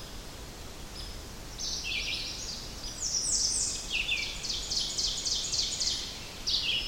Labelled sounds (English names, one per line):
Ovenbird song